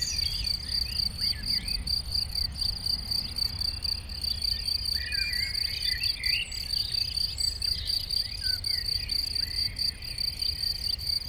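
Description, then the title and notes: Shrill crickets trill steadily in chorus as birds call in quick chirps and short phrases, with a faint low traffic hum. Chorus of crickets in a sunny west-facing sloping meadow at Chindrieux, France, with birdsong from surrounding trees and traffic noise from the nearby road. "Chindrieux, France - Concert de grillons. Dans une prairie ensoleillée en pente orientée à l'Ouest , concert de grillons et chants d'oiseaux dans les arbres à l'entour , bruits de circulation de la route proche"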